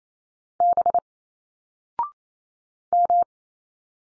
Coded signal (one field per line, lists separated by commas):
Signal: Morse code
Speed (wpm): 27 wpm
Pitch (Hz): 700 Hz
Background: none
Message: B M